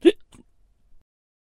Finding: Hiccup Sound.